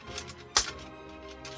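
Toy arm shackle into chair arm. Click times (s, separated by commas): 0.6 s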